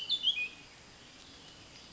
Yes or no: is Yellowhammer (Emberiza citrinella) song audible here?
no